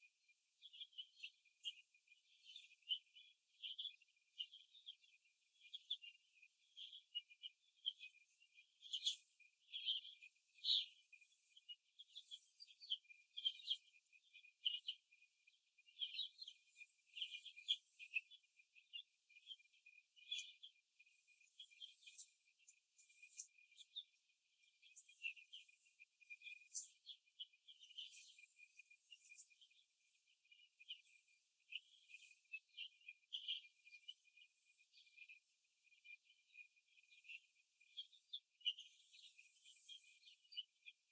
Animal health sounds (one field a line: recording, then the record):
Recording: young laying hens in a cage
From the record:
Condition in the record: after the stressor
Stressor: simulated dog barking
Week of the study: 2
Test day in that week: 2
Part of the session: 2